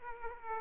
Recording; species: mosquito wingbeat signal from an infrared sensor; Aedes aegypti